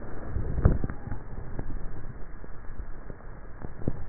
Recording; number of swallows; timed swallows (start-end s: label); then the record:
swallowing sounds by neck microphone; 1
1.55-2.68 s: swallow
From the record:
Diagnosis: dysphagia